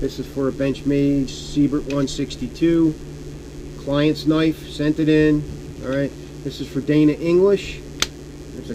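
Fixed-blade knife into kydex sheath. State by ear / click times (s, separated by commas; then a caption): seated / 8.0 s. Someone talks over a steady low hum while a client's fixed-blade knife is pushed into a custom kydex sheath. A single sharp click at 8.0 s marks the knife snapping into the sheath's retention, fully seated.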